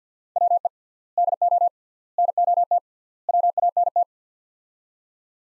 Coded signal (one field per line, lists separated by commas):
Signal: Morse code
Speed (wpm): 50 wpm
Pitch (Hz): 700 Hz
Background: none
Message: WE DO NOT WANT